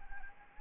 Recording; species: mosquito wingbeat signal from an infrared sensor; Anopheles arabiensis